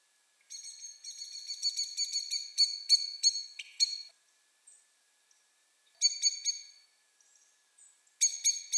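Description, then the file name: Common blackbird calls: a rapid, rattling series of hard metallic chinks lasting about three seconds, then two shorter bursts of chinks after pauses. "Turdus merula"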